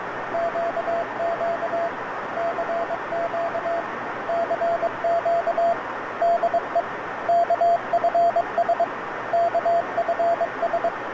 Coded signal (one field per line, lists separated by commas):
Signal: Morse code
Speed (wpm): 23 wpm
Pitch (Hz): 680 Hz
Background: radio noise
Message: QQ CQ CQ DE KFS KFS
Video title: KFS station 12695.5 KHz